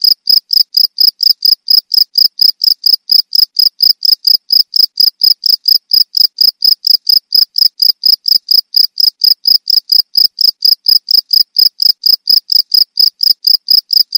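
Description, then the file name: Field cricket chirping steadily, with short shrill pulses following one another rapidly, uninterrupted. Cricket of rice fields. "jangkrik sawah"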